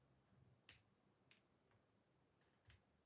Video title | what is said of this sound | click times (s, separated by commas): Hguc Psycho Gundam build pt.1 | Some of this stuff I'll just go ahead and get snapped into place. | 0.7 s